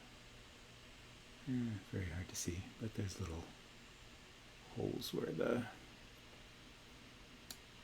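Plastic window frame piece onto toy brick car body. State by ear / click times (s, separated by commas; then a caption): seated / 7.5 s. A small plastic LEGO door/window frame piece, really more of a window frame since it doesn't swing open, is pressed onto little holes in the body of a LEGO Fiat 500 model car while someone talks. A single faint click is heard at 7.5 s as the piece pops into place and seats.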